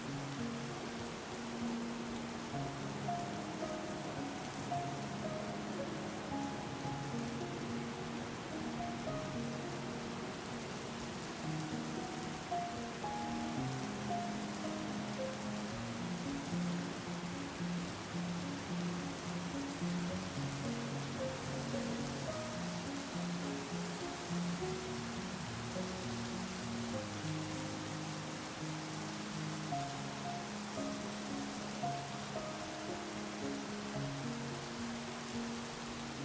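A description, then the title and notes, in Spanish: A soft, slow melody plays over steady rain, its gentle notes rising and falling in the low and middle range throughout. The rain forms a constant, dense hiss with a bright edge, holding an even level for the whole length without pauses or sudden events. La combinación perfecta de una melodía suave y el sonido dulce de la lluvia.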